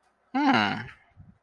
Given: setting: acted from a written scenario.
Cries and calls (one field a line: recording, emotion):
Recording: vocal sound without words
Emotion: interest